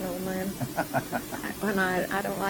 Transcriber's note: laughter